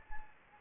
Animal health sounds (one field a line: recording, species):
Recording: mosquito wingbeat signal from an infrared sensor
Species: Anopheles gambiae